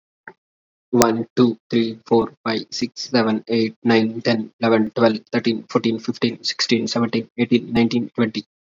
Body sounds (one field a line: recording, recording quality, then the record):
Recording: counting at a fast pace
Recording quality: excellent, no background noise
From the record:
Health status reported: exposed to COVID-19, no respiratory illness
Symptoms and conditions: cough, sore throat, fatigue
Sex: male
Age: 25 years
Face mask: not worn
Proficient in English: yes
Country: India